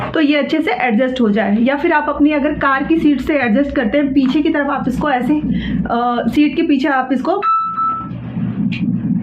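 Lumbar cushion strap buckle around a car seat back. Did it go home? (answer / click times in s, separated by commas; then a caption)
no / none. A back-rest cushion's strap is taken around the back of a car seat, and its plastic buckle is lined up before locking while someone talks throughout. Near the end, a steady tone rings at about 7.5–8 seconds. The buckle has not clicked or locked yet.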